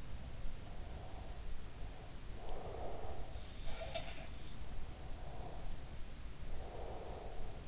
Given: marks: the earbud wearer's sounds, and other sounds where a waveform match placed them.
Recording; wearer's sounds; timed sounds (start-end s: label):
sounds in sleep by an in-ear microphone; breath
0.48-3.48 s: breath
3.52-4.41 s: sound from someone else or the room
4.55-7.63 s: breath